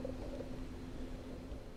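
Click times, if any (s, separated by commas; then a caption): none. A plastic headlight wiring connector on a Onewheel+ is handled at its board housing after its wiring has been soldered, about to be pushed in until it snaps; it only fits in one orientation. A steady low hum with faint tones runs throughout, with a small tick near 0.1 s. Nothing has seated or clicked yet.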